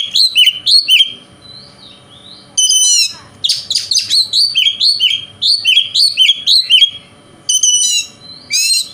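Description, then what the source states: Oriental magpie-robin singing a rich, varied song of loud whistled and chattering phrases in quick bursts, with short pauses between phrases. Bird called kacer, shown singing vigorously in a way said to provoke other kacer birds.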